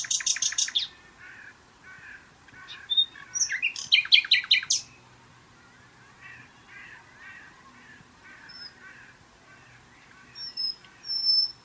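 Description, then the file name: Common nightingale singing loud rapid bursts of dry clicking notes, then softer repeated low chattering notes, with thin high whistles near the end. "Luscinia megarhynchos"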